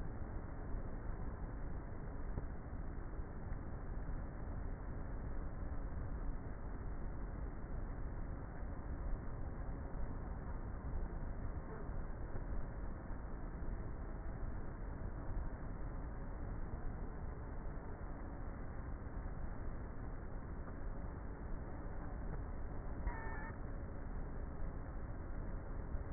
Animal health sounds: honeybee colony, microphone inside the hive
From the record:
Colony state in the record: queenless with a low population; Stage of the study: before two queens were removed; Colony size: about 30,000 bees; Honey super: no

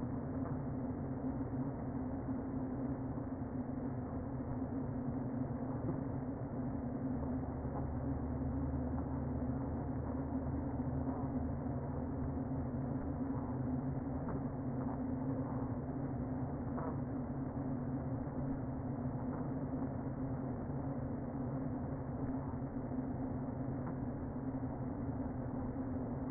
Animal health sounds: honeybee colony, microphone inside the hive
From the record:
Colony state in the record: queen present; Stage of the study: before two queens were removed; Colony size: about 60,000 bees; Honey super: yes

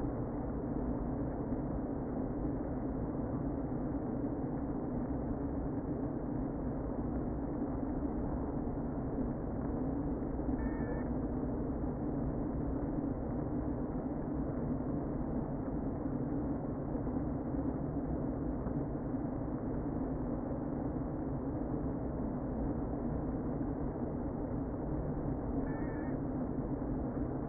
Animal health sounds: honeybee colony, microphone inside the hive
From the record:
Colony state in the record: queen present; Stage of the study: before two queens were removed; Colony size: about 60,000 bees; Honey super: yes

